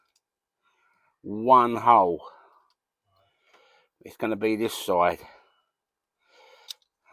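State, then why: Seated. Someone talks while a black wiring plug is lined up on its side and pushed into its matching socket in a car interior. A single sharp click at 6.7 s marks the connector seating fully in place.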